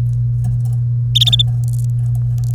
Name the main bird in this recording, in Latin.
Serinus canaria